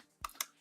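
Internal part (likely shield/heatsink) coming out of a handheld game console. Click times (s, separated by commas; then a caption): 0.2 s. An internal part of a Nintendo Switch Lite, likely the shield or heatsink, is freed during a teardown after being stuck on thermal paste. A sharp click sounds at 0.3 s, followed by a second click at 0.4 s. The part releases and pops out.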